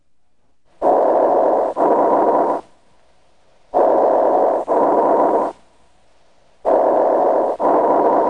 Sounds are heard over an area of atelectasis when the bronchus is patent. These sounds are high-pitched and have the hollow or tubular quality of normal central airway breath sounds. They are audible throughout inspiration and expiration and can be heard equally well with either the bell or diaphragm of the stethoscope. Bronchial breath sounds over an area of atelectasis sound like this.